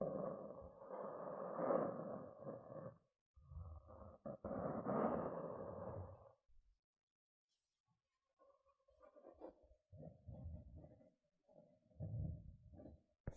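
Gentle scratching comes in soft, dense bursts of a few seconds each, separated by short silences and quieter, sparser scratches toward the end.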